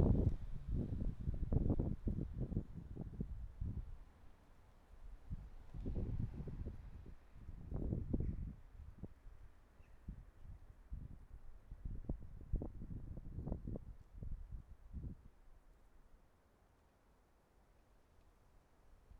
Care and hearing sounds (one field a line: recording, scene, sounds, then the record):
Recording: everyday scene through a hearing-aid microphone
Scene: wind on the microphone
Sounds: wind, traffic, birds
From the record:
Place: suburban garden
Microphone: behind the ear, right, front